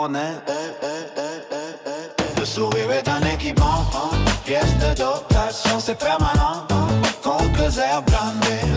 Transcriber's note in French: vocal pitched up +1 semitone